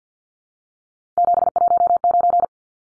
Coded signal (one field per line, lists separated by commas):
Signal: Morse code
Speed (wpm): 50 wpm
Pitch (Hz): 700 Hz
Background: none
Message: 719